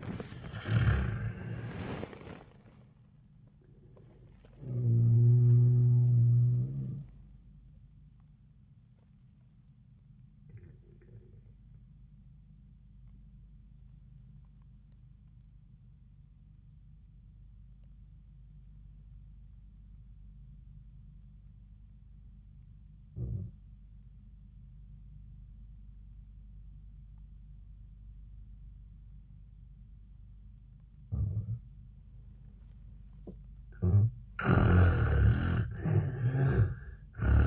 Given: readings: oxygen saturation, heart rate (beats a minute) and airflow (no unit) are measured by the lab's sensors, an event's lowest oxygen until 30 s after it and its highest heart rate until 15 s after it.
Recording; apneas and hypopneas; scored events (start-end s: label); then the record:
breathing in sleep by a smartphone at the bedside; 1
9.00-32.80 s: obstructive apnea (N1, oxygen 97% highest, then 74% lowest, heart rate 88 at the start, 93 highest)
From the record:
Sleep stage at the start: N1 (lightest sleep); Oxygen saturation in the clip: 83 to 97%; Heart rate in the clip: 78 to 96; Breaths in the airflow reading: 3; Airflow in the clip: -7.2 to 4.8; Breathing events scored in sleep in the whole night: 400 in 8.7 hours asleep